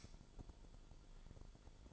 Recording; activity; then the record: daily activity, microphone in the room; light off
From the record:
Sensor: 5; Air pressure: 1008.0 hPa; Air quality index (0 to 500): 103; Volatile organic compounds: 1 ppm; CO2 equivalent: 805 ppm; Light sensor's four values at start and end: 30/71/28/28 and 30/69/28/27